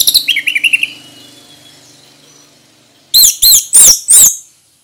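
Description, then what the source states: Orange-headed thrush song: a rapid series of short whistled notes, a pause, then four loud, piercing whistles in steady succession. Ngeplong song style, singing vigorously (gacor).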